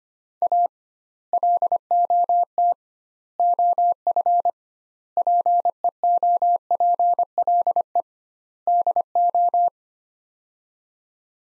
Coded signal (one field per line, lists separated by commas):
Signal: Morse code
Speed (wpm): 25 wpm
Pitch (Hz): 700 Hz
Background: none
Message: A LOT OF PEOPLE DO